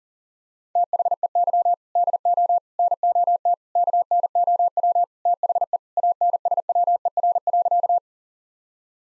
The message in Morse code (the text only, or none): THEY DO NOT KNOW THE ANSWER.